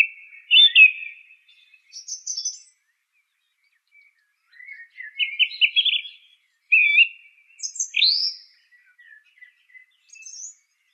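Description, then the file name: Song thrush song: separate phrases of rich whistles, dry rattles and one rising sweep, spaced by brief silences; nothing else audible. "suara kicauan burung song thrush. omkicau"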